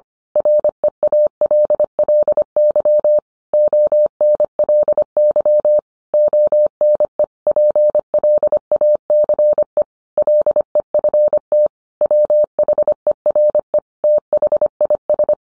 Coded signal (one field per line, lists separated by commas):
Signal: Morse code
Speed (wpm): 25 wpm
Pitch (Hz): 600 Hz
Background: none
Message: REALLY ONLY ONE PLACE LEFT WHERE THIS